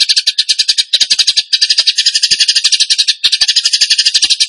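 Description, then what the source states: Bird song of harsh, buzzy pulses in quick succession, with tiny breaks between dense rasping phrases. Song in the 'tembakan gacor' style, used to train other birds.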